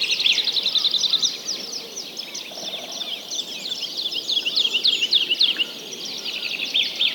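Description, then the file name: Birds sing together in a constant wash of quick high chirps and trills, swelling and fading in waves throughout. Many birds singing together. "Digiffects Sound Effects Library - Many Birds Singing"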